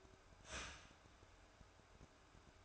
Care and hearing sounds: daily activity, microphone in the room; start toaster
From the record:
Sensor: 2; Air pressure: 1014.6 hPa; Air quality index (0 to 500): 194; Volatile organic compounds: 19 ppm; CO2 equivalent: 2660 ppm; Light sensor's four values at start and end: 4/9/3/3 and 4/9/3/3

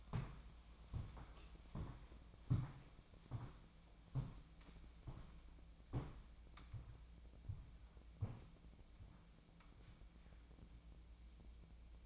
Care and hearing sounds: daily activity, microphone in the room; walk to room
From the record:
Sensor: 1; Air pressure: 999.9 hPa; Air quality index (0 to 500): 128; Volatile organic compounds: 2 ppm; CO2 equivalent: 1215 ppm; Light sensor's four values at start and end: 41/104/43/54 and 41/102/43/54

